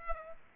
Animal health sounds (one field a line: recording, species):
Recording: mosquito wingbeat signal from an infrared sensor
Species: Aedes albopictus